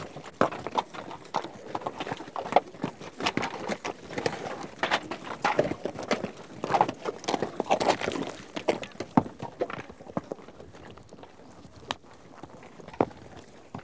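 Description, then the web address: Horse hooves clatter busily for about ten seconds, then the clopping thins to a few scattered strikes. A herd of horses out on a trek. "BBC Sound Effects Library - Horses Herd of horses out on trek"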